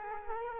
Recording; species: mosquito wingbeat signal from an infrared sensor; Culex quinquefasciatus